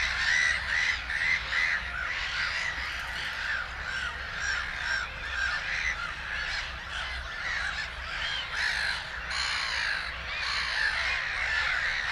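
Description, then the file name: Black-headed gull calls in a dense, continuous stream of hoarse, screechy cries, with some sharper cries standing out. "Digiffects Sound Effects Library - Black-Headed Gull Bird"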